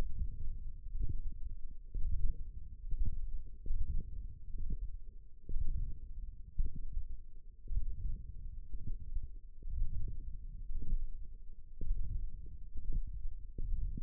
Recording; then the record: forearm muscle sounds (acoustic myography)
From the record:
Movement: hook grip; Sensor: system 1, eight BSWA MPA416 microphones around the upper forearm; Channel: 3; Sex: female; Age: 21 years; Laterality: right